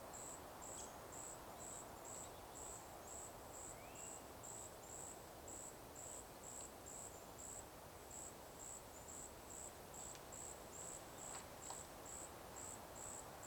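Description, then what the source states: Cicada song: rhythmic high-pitched pulses about twice a second, continuous rushing noise underneath, one faint brief chirp and a few soft clicks. Cicadas in a forest by day.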